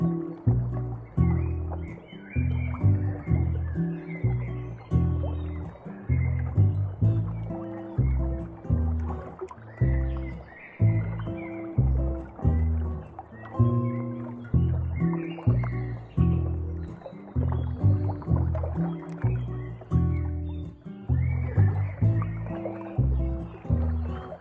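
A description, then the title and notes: Relaxing acoustic guitar music plays without a break, built on a steady, regular pattern of plucked low notes about twice a second. Brighter melody notes ring above them, and the loudness swells and fades in even waves throughout. Summer Afternoon by Pool w/ Relaxing Acoustic Guitar Music.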